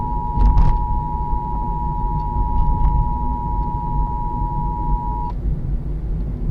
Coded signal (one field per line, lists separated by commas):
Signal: Emergency Alert System (SAME) tones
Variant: 853 and 960 Hz attention tone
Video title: Monthly Test on WSBB-FM (EAS Alert: #338) - 5/15/24